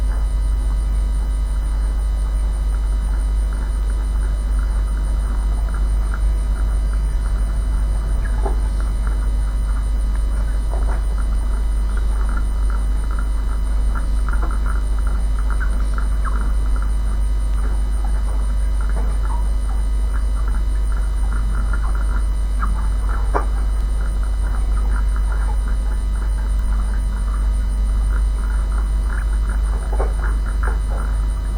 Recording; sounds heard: poultry house recording; sick chickens (respiratory disease)